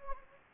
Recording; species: mosquito wingbeat signal from an infrared sensor; Anopheles gambiae